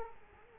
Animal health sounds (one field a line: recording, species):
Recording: mosquito wingbeat signal from an infrared sensor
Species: Culex quinquefasciatus